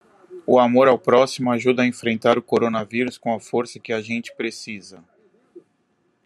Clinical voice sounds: spoken sentence; Brazilian Portuguese; male; 30 to 39 years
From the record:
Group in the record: control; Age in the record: 38 years

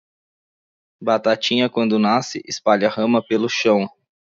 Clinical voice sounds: short text; Brazilian Portuguese; male; 30 to 39 years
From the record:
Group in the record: control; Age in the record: 32 years

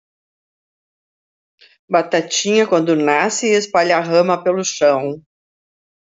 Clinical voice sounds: short text; Brazilian Portuguese; female; 70 to 79 years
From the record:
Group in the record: control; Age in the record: 70 years

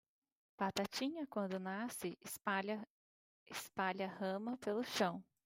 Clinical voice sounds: short text; Brazilian Portuguese; female; 40 to 49 years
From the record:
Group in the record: control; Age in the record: 44 years

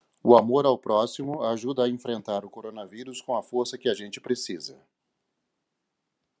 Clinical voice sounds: spoken sentence; Brazilian Portuguese; male; 50 to 59 years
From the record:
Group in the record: control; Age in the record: 52 years

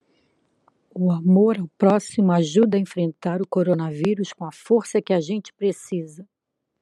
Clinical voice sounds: spoken sentence; Brazilian Portuguese; female; 60 to 69 years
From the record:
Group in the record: control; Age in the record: 65 years

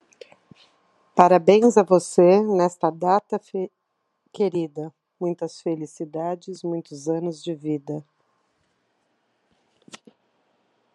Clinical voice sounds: short text; Brazilian Portuguese; female; 50 to 59 years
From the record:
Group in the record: control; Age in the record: 54 years

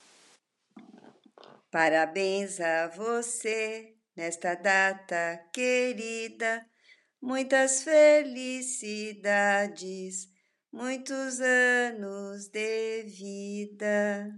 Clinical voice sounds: short text; Brazilian Portuguese; female; 60 to 69 years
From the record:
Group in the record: control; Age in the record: 69 years

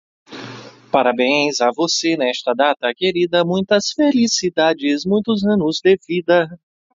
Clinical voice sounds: short text; Brazilian Portuguese; male; 20 to 29 years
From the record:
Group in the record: control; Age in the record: 29 years

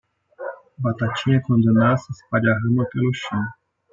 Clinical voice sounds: short text; Brazilian Portuguese; male; 20 to 29 years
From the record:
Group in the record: control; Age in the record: 24 years

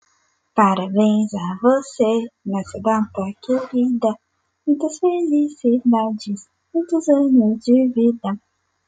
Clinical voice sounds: short text; Brazilian Portuguese; female; 20 to 29 years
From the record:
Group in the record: control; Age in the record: 23 years

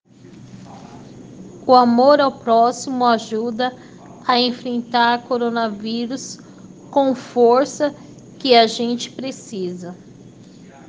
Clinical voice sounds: spoken sentence; Brazilian Portuguese; female; 30 to 39 years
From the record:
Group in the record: respiratory insufficiency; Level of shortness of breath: 5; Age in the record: 36 years

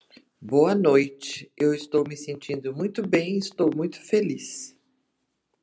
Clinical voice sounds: spoken sentence; Brazilian Portuguese; female; 60 to 69 years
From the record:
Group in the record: control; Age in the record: 67 years

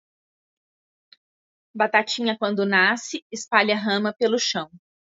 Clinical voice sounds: short text; Brazilian Portuguese; female; 40 to 49 years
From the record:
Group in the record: control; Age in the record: 44 years

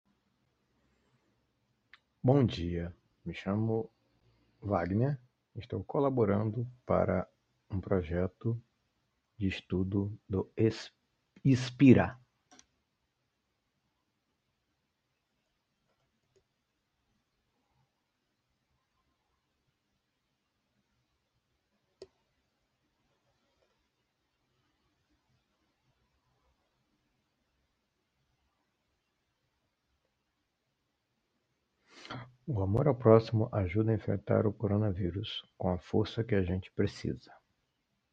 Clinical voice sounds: spoken sentence; Brazilian Portuguese; male; 40 to 49 years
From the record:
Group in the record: control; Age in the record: 44 years

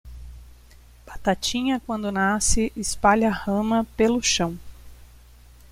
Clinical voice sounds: short text; Brazilian Portuguese; female; 40 to 49 years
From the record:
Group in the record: control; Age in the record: 42 years

